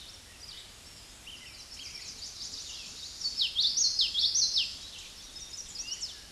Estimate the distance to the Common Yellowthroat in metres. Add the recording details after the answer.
about 5 m. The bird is about level with the microphone. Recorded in a Pennsylvania forest on 16 May 2024 at 08:14. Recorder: AudioMoth, point MSD-2061. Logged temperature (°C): 16.1 °C. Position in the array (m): 222 m, 185 m